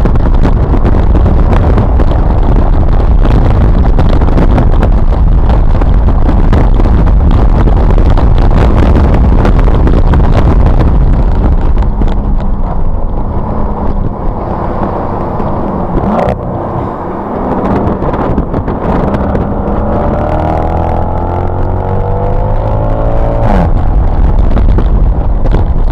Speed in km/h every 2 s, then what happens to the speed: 132, 148, 151, 153, 155, 150, 101, 66, 55, 58, 81, 101, 108.
0-2 speeds up to 148. 2-10 steady at about 151. 10-16 brakes to 55. 16-23 speeds up to 108.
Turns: 0-8, 13-20.